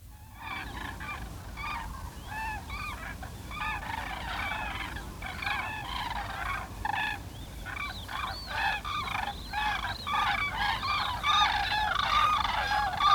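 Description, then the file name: Common cranes calling in a group, overlapping trumpeting notes that build gradually over a low background rumble. A colony of cranes. "Kolonie van kraanvogels - Sound Cloud - Beeld en Geluid"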